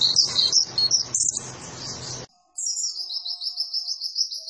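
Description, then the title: White-eye song: loud high chirping over a noisy rustling background, then a short silence and a clean, even, rapid high trill. Vigorously singing ('gacor') white-eye, used as a master recording to train cage birds for song competition success. "Pleci Gacor. Masteran Burung PLECI Untuk Cetak PRESTASI"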